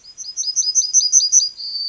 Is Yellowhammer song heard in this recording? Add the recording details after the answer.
yes. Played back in forest. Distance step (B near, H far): B. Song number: 101